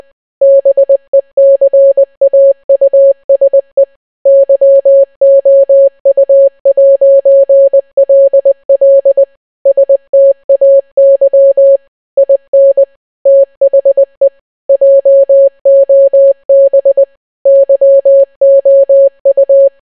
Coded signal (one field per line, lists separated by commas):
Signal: Morse code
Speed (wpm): 20 wpm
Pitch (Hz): 550 Hz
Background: none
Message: BECAUSE YOU'LL STAY IN THE JOB YOU